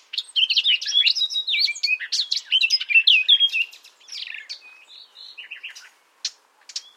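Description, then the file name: Common nightingale song: an energetic tumble of rising and falling whistled notes and chirps that fades into softer notes and two sharp final clicks. "Luscinia megarhynchos"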